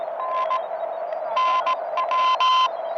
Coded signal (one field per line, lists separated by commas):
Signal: Morse code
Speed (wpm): 18 wpm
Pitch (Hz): 1030 Hz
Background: radio noise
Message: N NW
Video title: 50th Anniversary of my First Ham Radio QSO - but with a catch